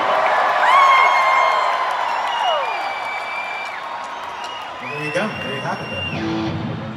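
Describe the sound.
A large crowd at a punk rock band's concert cheering steadily for several seconds, a loud dense roar with high whoops, whistles and shouted voices rising and falling above it.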